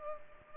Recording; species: mosquito wingbeat signal from an infrared sensor; Culex pipiens